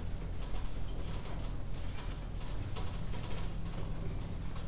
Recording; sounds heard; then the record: poultry house recording; healthy chickens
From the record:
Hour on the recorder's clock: 1